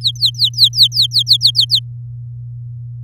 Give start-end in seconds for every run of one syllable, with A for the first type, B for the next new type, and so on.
0.01-1.07 A, 1.11-1.79 B